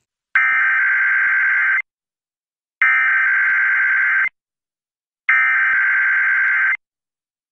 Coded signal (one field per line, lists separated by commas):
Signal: Emergency Alert System (SAME) tones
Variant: header bursts